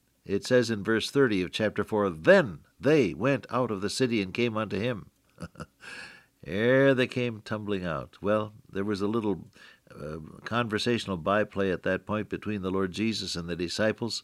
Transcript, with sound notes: It says in Verse 30 of Chapter Four, “Then they went out of the city and came unto Him.” [chuckle] Here they came, tumbling out. Well, there was a little conversational by play, at that point, between the Lord Jesus and the disciples.